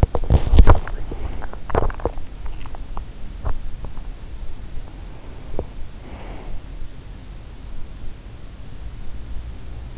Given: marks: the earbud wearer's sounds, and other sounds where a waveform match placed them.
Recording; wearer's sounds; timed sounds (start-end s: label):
sounds in sleep by an in-ear microphone; teeth grinding, breath
0.00-3.16 s: teeth grinding
5.94-6.65 s: breath